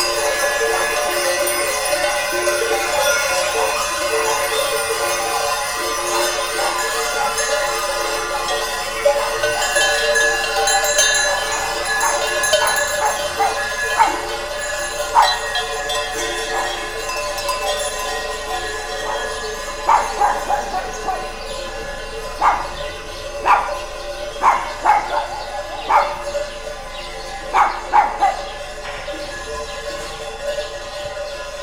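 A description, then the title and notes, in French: A herd of goats passes through a village square, a dense jangle of their bells swelling and clanking closer, with short sharp clanks after twenty seconds. Les chèvres de Sabugueiro. Assis sur un banc de la place centrale du village historique, un troupeau de chèvres s'annonce, toutes sonnailles dehors. Il passe tout près, quelques biquettes venant même me voir de près, avant de s'éloigner dans les petites rues tortueuses du village. Prise de son nature, à chaud.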